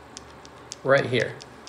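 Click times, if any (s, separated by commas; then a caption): none. An Action 4 motorcycle action camera is being handled at its magnetic quick-release mount with side clips, with faint light ticks near 0.2, 0.5 and 0.7 seconds while someone talks briefly in the middle. The clips have not yet clicked in, and nothing has seated yet.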